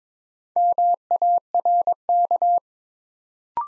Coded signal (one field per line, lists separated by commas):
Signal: Morse code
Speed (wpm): 22 wpm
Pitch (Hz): 700 Hz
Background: none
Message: MARK